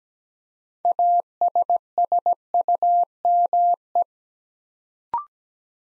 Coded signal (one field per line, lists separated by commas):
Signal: Morse code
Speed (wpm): 17 wpm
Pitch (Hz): 700 Hz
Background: none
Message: ASSUME